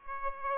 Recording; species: mosquito wingbeat signal from an infrared sensor; Aedes aegypti